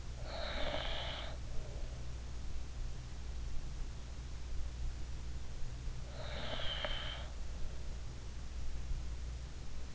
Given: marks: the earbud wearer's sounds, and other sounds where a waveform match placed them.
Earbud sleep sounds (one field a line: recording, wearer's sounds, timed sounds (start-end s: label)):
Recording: sounds in sleep by an in-ear microphone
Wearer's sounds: breath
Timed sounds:
0.00-2.04 s: breath
5.98-7.34 s: breath